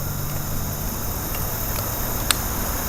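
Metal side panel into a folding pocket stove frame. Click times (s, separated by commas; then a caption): 2.3 s. A metal side panel of a folding pocket stove is hooked into the frame's hook-and-loop slot system and pushed home, over a steady low hum of background noise. A single sharp, short click sounds at 2.3 s as the panel snaps into the hook slot and seats.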